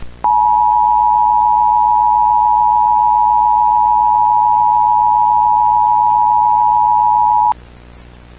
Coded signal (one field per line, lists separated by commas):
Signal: Emergency Alert System (SAME) tones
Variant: 853 and 960 Hz attention tone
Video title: EAS Scenario: THE RUBBER DUCKS INVASION 2